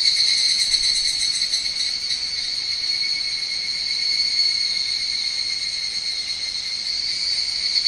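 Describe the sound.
Higurashi cicada producing a continuous, high-pitched buzzing trill at even volume with faint rapid pulsing, over a quiet background.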